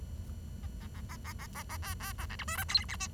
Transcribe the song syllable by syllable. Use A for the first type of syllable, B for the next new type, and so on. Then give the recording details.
A A A A A A A A B B A C D E F G H I. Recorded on 23 June 2012 at 08:36. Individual gr41rd51